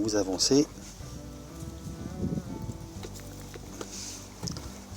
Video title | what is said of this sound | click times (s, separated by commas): 🚓🚙🚘 comment reposer une console centrale / how to install a center console | Donc là, on a entendu le clac, elle est en place. | 4.5 s